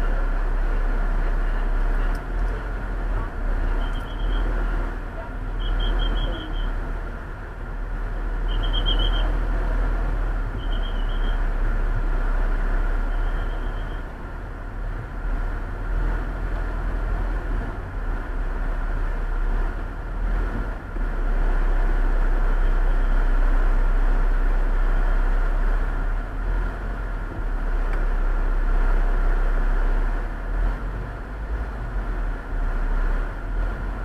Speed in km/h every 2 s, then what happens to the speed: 0, 3, 3, 4, 5, 5, 6, 4, 6, 7, 7, 3, 2, 3, 4, 4, 4.
0-2 standing. 2-34 steady at about 4.